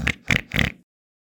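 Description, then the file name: Peafowl calls: a rapid series of three loud, rasping, trumpet-like honks, then quiet. "Pfau"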